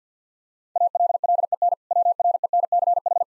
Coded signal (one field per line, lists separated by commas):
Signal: Morse code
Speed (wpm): 50 wpm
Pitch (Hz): 700 Hz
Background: none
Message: ALLEN WRENCH